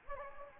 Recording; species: mosquito wingbeat signal from an infrared sensor; Anopheles gambiae